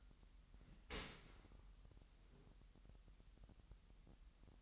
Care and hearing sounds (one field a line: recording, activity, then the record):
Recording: daily activity, microphone in the room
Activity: open dishwasher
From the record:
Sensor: 3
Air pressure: 998.2 hPa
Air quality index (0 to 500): 151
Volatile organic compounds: 5 ppm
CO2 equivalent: 1808 ppm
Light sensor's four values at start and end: 13/38/15/14 and 13/38/15/14